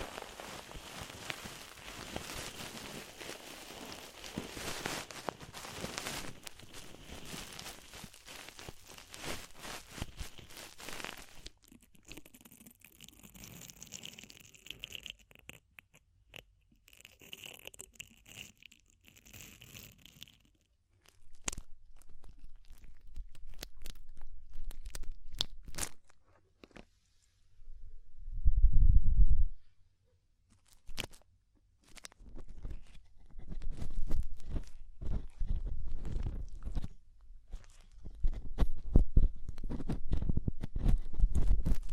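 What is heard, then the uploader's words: Close crackly ear-cleaning sounds, dense scratching and crunching for the first eleven seconds, then softer hissy rubbing with gaps. After twenty seconds it turns sparse and quiet, with a deep thump near twenty-nine seconds and bursts of low rustling and crunching toward the end. ASMR DEEP Ear Penetrating Cleaning (No Talking).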